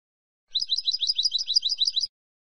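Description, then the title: European goldfinch song: a high, rhythmic twittering phrase of quick, slurred notes repeated steadily for about one and a half seconds. "Jilguero"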